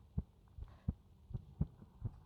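Steady paired low thumps at about 83 beats a minute, a woman's regular heartbeat heard with the ear resting against her chest.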